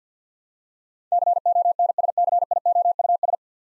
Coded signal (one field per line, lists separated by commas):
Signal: Morse code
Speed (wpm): 50 wpm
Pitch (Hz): 700 Hz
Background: none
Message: CONSCIOUS